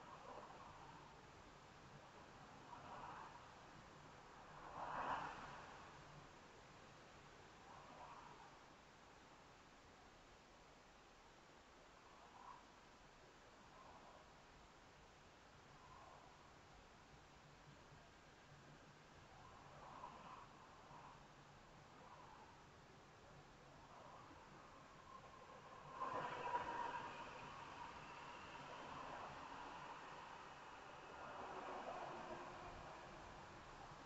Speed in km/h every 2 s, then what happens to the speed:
18, 16, 16, 11, 8, 6, 8, 11, 16, 18, 18, 19, 18, 18, 16, 16, 18.
4-9 slows to 6. 9-21 speeds up to 19. 21-34 steady at about 18.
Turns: none.